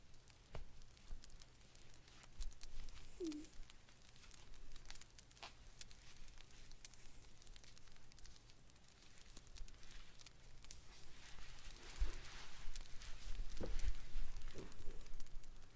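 Blanket knitting comes through as soft, irregular clicks and rustling yarn over a steady low hum, growing busier toward the end.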